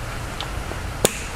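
The plastic upper crankcase vent breather hose connector on a BMW E90/E91/E92/E93 (328i, 325i, 330i, 323i) is pushed onto its tight-fitting engine port. A faint tap at 0.4 s is followed by a sharp, loud click at 1.1 s as the connector snaps home and seats.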